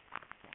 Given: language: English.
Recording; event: throat vibration sensor signal played as sound; swallow